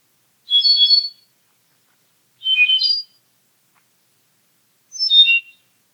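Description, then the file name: Andean solitaire clear, fluty whistled phrases, three short phrases spaced about two seconds apart, with quick jumps between notes and silence between. "Myadestes ralloides"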